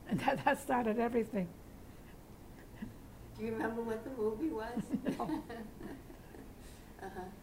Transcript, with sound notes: And that started everything.
Do you remember what the movie was?
No. ( they laugh )
Uh-huh.